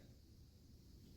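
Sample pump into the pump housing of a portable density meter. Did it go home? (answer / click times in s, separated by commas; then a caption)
no / none. A sample pump is pushed into the pump housing of a DMA 35 portable density meter and oriented with its lever pointing left, ready to be turned clockwise to lock. Only quiet, steady handling noise is heard, mostly low rumble with a faint hiss above. Nothing has seated or clicked yet.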